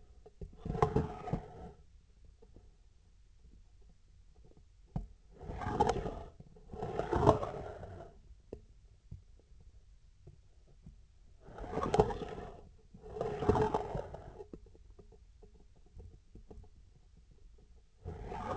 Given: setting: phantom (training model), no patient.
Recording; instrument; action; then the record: laparoscopic instrument, vibration sensor on the handle end; scissors; approaching and retracting movements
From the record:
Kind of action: spatial motion